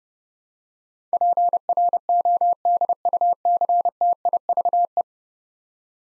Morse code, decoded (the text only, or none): PRODUCTIVE